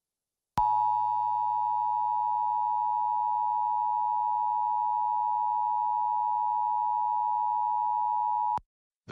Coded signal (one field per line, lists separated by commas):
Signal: Emergency Alert System (SAME) tones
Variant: 853 and 960 Hz attention tone